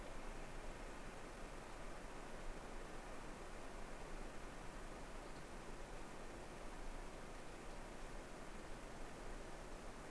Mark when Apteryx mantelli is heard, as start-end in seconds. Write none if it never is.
none